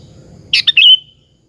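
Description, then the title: Sooty-headed bulbul song: a quick burst of bright chirpy notes ending in a short, clear whistled tail, with faint low background hum. "Kutilang"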